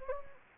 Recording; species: mosquito wingbeat signal from an infrared sensor; Anopheles gambiae